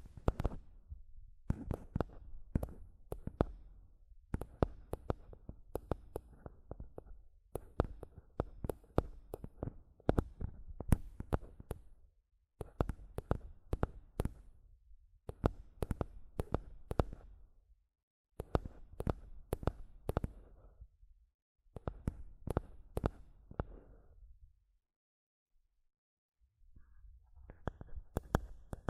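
Tapping and scratching on a microphone come in bursts of quick, irregular knocks, each burst lasting a few seconds. Between bursts are short gaps of near silence, with a longer pause around 25 seconds. The hits are thumpy and low, with sharp clicky edges.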